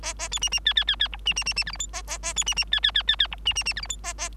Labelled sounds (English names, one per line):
Bengalese Finch song